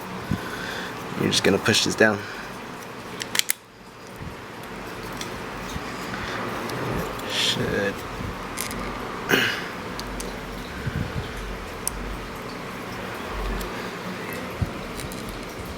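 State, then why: Not seated. Someone talks while pushing a part, possibly a lens, down into its housing, with sharp handling taps around 3.2, 3.4, 3.5, 8.6 and 11.9 seconds over a steady background hum. Nothing has seated or clicked yet by the end of the clip.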